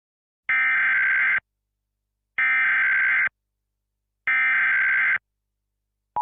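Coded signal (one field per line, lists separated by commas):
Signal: Emergency Alert System (SAME) tones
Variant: header bursts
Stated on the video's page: Fictional EAS scenario.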